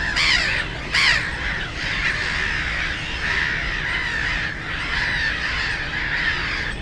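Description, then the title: Black-headed gulls calling in a dense, harsh chorus of overlapping squawks and cackles, with two louder outbursts near the start over a steady low traffic rumble. Many birds on ponds in a former coal-mining area turned nature complex, Bytom, Poland; black-headed gulls loudest; nearby national road and railway noise; recorded with Zoom F4 and AT BP4025 microphone. "Żabie Doły, Bytom, Polska - Black-headed gulls at Frog Ponds complex"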